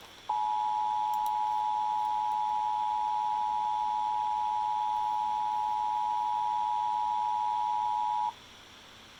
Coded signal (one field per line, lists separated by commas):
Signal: Emergency Alert System (SAME) tones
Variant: 853 and 960 Hz attention tone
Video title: EAS 1839 FFW NWS Lake Charles